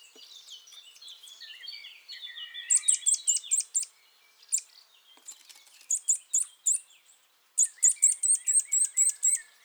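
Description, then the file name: Eurasian nuthatch giving loud, sharp, high calls in quick runs of several notes, separated by pauses, with softer twittering of other birds underneath. "Sitta europaea"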